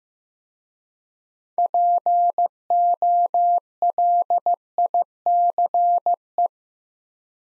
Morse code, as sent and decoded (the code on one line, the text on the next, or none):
.--. --- .-.. .. -.-. .
POLICE